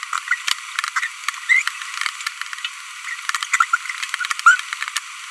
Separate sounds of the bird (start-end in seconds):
1.49-1.62, 4.46-4.55